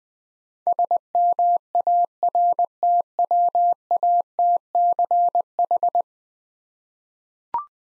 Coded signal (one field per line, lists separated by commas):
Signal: Morse code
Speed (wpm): 21 wpm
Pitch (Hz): 700 Hz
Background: none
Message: SMARTWATCH